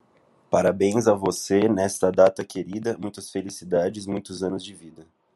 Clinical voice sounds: short text; Brazilian Portuguese; male; 20 to 29 years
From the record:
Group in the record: control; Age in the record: 24 years

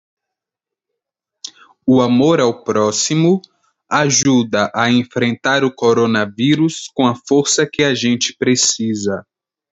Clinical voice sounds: spoken sentence; Brazilian Portuguese; male; 20 to 29 years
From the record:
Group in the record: control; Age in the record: 23 years

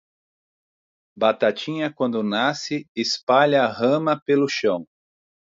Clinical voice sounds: short text; Brazilian Portuguese; male; 40 to 49 years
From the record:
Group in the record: control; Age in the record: 45 years

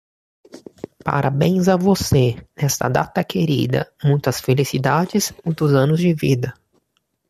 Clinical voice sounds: short text; Brazilian Portuguese; male; 30 to 39 years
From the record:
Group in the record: control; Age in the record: 38 years

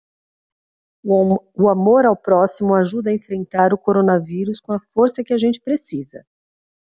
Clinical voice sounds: spoken sentence; Brazilian Portuguese; female; 50 to 59 years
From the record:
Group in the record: control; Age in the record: 54 years

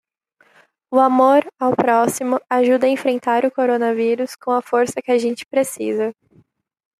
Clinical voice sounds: spoken sentence; Brazilian Portuguese; female; 18 to 19 years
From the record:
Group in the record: control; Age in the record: 19 years

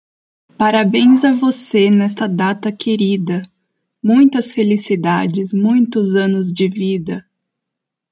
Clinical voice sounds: short text; Brazilian Portuguese; female; 30 to 39 years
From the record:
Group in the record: control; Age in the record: 30 years

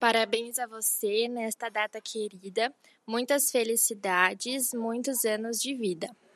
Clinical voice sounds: short text; Brazilian Portuguese; female; 20 to 29 years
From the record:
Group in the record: control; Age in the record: 21 years

